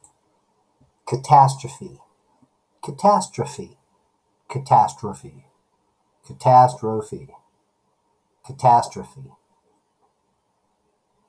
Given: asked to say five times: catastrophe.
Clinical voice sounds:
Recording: repeated word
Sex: male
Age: 50 to 59 years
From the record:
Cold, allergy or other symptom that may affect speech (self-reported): no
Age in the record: 52 years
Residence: California, United States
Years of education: 19

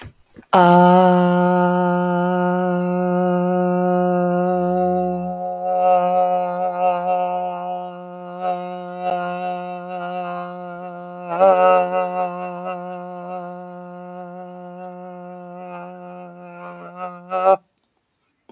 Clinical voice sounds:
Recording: vowel held as long as possible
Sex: female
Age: 40 to 49 years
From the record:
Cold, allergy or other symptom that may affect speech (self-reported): no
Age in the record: 45 years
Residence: New Mexico, United States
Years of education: 18

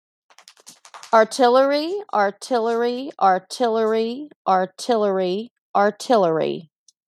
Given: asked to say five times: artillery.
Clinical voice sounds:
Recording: repeated word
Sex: female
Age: 30 to 39 years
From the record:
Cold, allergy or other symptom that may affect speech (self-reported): no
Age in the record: 39 years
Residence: United States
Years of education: 14

